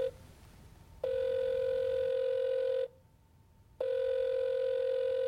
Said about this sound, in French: À la troisième sonnerie, son correspondant décroche.